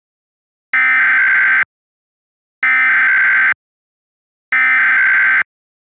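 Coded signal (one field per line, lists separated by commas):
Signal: Emergency Alert System (SAME) tones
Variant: header bursts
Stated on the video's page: Mock Silver Alert for the entire state of North Dakota, not a real alert.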